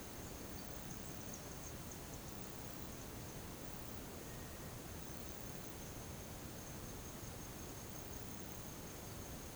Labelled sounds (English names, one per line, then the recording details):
none
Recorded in pastures near Puerto Asís, Putumayo, Colombia, on 13 March 2025 at 11:30
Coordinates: 0.486, -76.323
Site G075